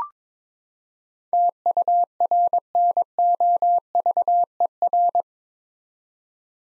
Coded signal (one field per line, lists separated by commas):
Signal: Morse code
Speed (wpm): 22 wpm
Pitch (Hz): 700 Hz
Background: none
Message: TURNOVER